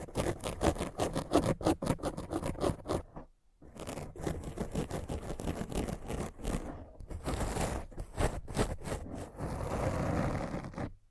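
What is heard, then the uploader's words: Dense scratching in quick rhythmic strokes, bright and gritty, pausing briefly around three and a half seconds before resuming steadily. Thorough Brain Scratch. No Talking.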